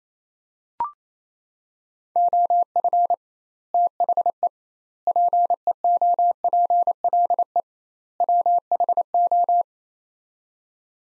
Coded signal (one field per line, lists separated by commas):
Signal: Morse code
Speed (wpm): 28 wpm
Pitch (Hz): 700 Hz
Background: none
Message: OF THE PEOPLE WHO